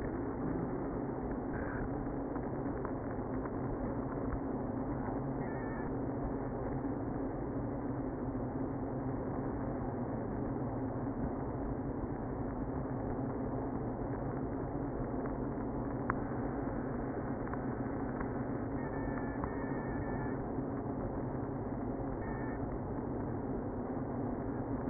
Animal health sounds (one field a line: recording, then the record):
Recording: honeybee colony, microphone inside the hive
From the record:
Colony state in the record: queenless (queen removed)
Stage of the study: after two queens were removed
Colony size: about 60,000 bees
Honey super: yes